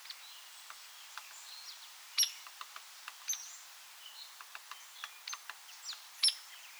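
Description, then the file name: Hairy woodpecker giving two loud, abrupt peek notes several seconds apart, with soft twittering and chips of other birds scattered throughout. "Hairy Woodpecker Leuconotopicus villosus"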